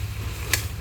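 A pole joint on a pop-up sun tent locks into the tent frame as the frame is set up. It makes a single sharp snap at 0.5 s over a low, steady background rumble, and the frame is seated.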